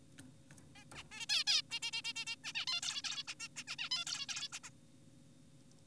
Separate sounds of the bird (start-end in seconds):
0.76-0.84, 0.95-1.04, 1.12-1.26, 1.30-1.44, 1.47-1.62, 1.71-1.80, 1.82-1.91, 1.93-2.02, 2.05-2.13, 2.16-2.25, 2.27-2.36, 2.44-2.53, 2.55-2.66, 2.68-2.81, 2.83-3.02, 3.04-3.24, 3.28-3.34, 3.40-3.48, 3.56-3.64, 3.68-3.76, 3.79-3.89, 3.91-4.04, 4.07-4.26, 4.29-4.49, 4.53-4.59, 4.64-4.70